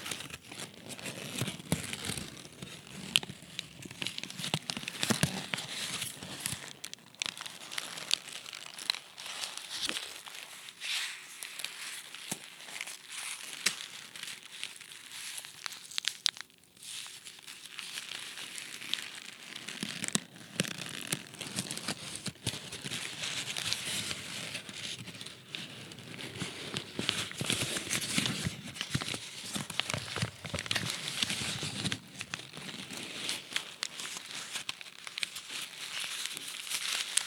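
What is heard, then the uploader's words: Paper is crumpled and crushed in continuous bursts of dense, crackling rustle for the whole stretch, bright and scratchy with sharp crinkling snaps. Activity dips briefly around the sixteen-second mark, then resumes just as busily, with heavier handfuls near twenty and thirty seconds. ASMR Crumbling Paper.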